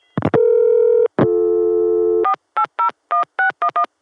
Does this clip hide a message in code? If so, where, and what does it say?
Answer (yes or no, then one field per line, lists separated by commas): yes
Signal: DTMF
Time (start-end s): 2.2-3.8 s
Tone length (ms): 100 ms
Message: 4801611